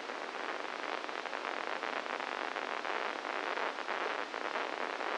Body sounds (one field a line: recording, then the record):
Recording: brain microelectrode recording played as sound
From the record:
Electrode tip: inside the subthalamic nucleus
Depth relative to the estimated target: 0 mm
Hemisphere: right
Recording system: NeuroSet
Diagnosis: Parkinson's disease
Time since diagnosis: 10 years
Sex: female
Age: 45 years